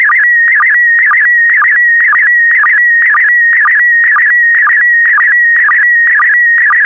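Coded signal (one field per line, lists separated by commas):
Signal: SSTV (slow-scan television)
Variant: PD120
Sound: steady high whistle warbling about twice a second with short low sync chirps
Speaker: complete. You can now check your decoded image against the picture that is shown on the video.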